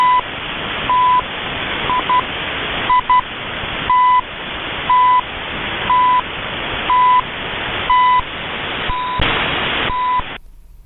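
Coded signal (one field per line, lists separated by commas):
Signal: radio time signal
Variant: CHU Canada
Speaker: I'm going to play a little recording of Chew Canada and we'll talk about it.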